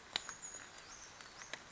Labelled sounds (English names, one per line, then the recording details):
Brown Creeper
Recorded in Sonoma County, California